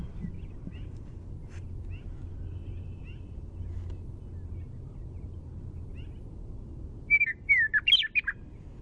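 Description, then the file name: Western meadowlark song, a short burst of fluting, gurgling notes near the end after faint scattered chirps over steady low background hum. Primary song. "WEME-Primary Song"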